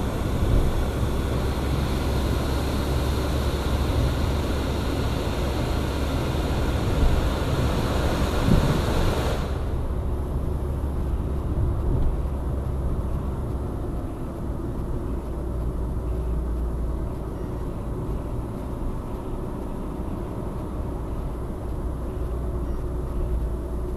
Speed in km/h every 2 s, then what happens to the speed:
70, 73, 76, 76, 74, 73, 69, 62, 62, 64, 65, 63.
0-6 speeds up to 76. 6-14 slows to 62. 14-24 steady at about 63.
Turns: none.